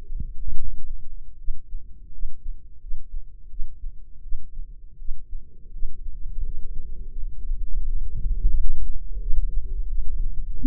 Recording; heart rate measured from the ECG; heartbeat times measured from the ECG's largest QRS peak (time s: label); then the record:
heart sounds by microphone in the left ear; 84 bpm
0.54 s: heartbeat
1.37 s: heartbeat
2.11 s: heartbeat
2.79 s: heartbeat
3.48 s: heartbeat
4.21 s: heartbeat
4.97 s: heartbeat
5.71 s: heartbeat
6.42 s: heartbeat
7.13 s: heartbeat
7.84 s: heartbeat
8.52 s: heartbeat
9.19 s: heartbeat
9.87 s: heartbeat
10.49 s: heartbeat
From the record:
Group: healthy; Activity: rest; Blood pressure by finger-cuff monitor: 98/63 mmHg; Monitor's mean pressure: 74 mmHg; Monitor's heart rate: 86 bpm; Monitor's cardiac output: 6.8 L/min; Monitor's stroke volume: 84 mL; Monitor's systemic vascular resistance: 780 dyn s/cm5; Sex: female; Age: 22 years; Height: 157 cm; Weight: 47.6 kg